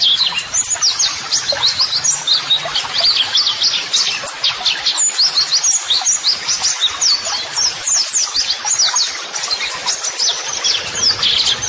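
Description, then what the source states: White-eye twittering, a dense outpouring of high, needle-thin chirps and quick trills that runs on without a break. Pleci singing actively ('gacor'), offered as a 'masteran' model song for training birds to answer, and as 'audio terapi'.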